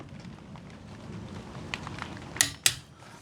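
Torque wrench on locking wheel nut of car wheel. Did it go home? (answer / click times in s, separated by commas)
yes / 2.7 s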